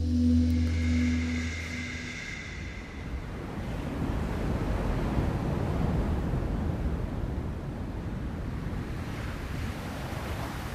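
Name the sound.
strong wind blowing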